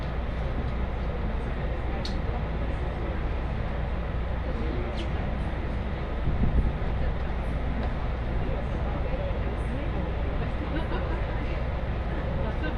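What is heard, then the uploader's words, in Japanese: Riding an Osaka Loop Line train, a steady, dense low rumble fills the whole ride at an even level, with muffled voices mixed in. Brief bright clicks cut through around two and five seconds, and the rumble swells briefly near six and a half seconds. 耳で楽しむ鉄道旅 ＪＲ難波→新今宮→京橋→鴫野。大阪環状線の内回り電車に乗り換えて京橋に向かいます。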